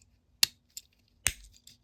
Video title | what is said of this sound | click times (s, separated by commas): Matchbox Moving Parts Mix 7, 2024, showcase and review! So happy to have a Roadmaster! | but look at that they snap into place they're not falling out anywhere | 0.4 s, 1.3 s